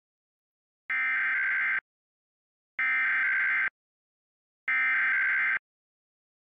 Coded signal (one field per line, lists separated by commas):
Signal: Emergency Alert System (SAME) tones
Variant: header bursts